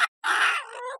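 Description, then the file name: Badger cub giving a harsh, raspy screech after a brief sharp opening note, the grating sound wavering and lasting under a second. Young badger, angry. "Baby Badger Rage"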